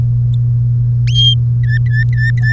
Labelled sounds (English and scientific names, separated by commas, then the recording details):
Domestic Canary (Serinus canaria) song
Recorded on 3 May 2018 at 10:37
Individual llb3